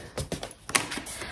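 The top half of a plastic snap-on hard-shell laptop case is pressed onto the laptop lid after the bottom half has already been fitted. A series of short clicks and snaps is heard, with the case clicking into place at 0.7 s and 0.8 s. The top half is confirmed seated on the lid.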